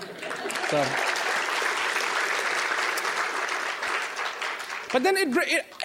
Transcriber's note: applause